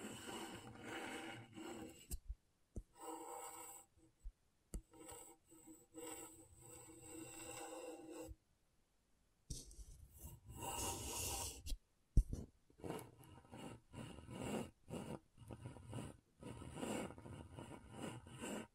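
Scratchboard being scraped in rough, irregular strokes with abrupt stops, gritty bright rasping, a silent gap near nine seconds, then denser scratching.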